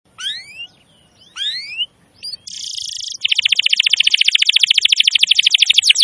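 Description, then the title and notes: Canary song: a few rising whistled sweeps, then a dense buzzy trill and a long, rapid rattle of repeated notes, all high-pitched. Long, highly active canary song used as a master recording for luring wild canaries. "Pikat Kenari GACOR PANJANG INI Cocok Untuk Masteran KENARI LIAR. Masteran burung kenari gacor parah"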